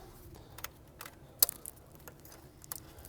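An ignition coil connector on a BMW N55 engine in a 2010-2013 BMW E82/E88 135i or 135is is pushed in by hand until fully bottomed, because the lock can close without it being seated. Its locking tab is then pushed closed with one sharp click at 1.4 s, among faint ticks and handling noises. The connector lock snaps closed and the connector is seated.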